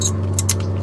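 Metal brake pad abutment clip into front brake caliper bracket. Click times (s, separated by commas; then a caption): 0.4 s, 0.5 s. On a 2016–2022 Honda Pilot, the top replacement metal brake pad abutment clip, the one with a small tab, is lined up on the front brake caliper bracket and pressed in. Two sharp metallic snaps at 0.4 s and 0.5 s, with a fainter tick after, sound over a steady low hum. The clip is seated in the bracket.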